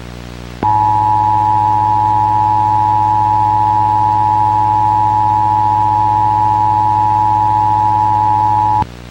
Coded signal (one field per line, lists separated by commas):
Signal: Emergency Alert System (SAME) tones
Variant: 853 and 960 Hz attention tone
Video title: (VALID TONES) EAS Recreation Mock - Tornado Emergency for Perryton, TX (06/13/2000)